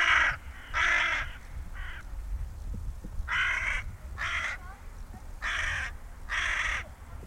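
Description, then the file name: Carrion crow calling with loud rasping caws in uneven groups, some short and some drawn out, against a low steady rumble. "Corvus corone"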